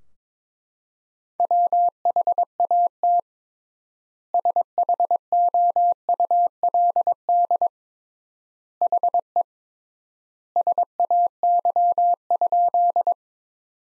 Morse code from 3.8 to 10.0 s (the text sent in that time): SHOULD HE